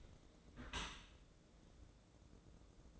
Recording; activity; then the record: daily activity, microphone in the room; close dishwasher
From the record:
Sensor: 3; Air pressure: 1012.3 hPa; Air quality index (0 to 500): 166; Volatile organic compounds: 2 ppm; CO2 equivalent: 1273 ppm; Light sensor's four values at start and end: 563/1389/574/577 and 564/1391/574/578